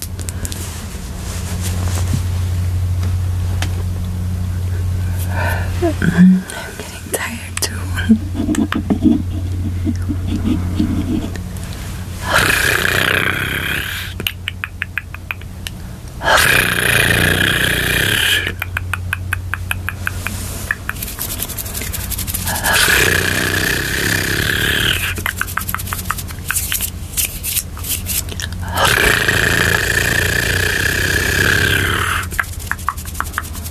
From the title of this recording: Tapping, Hand Sounds, Mouth Sounds, Satisfying Sounds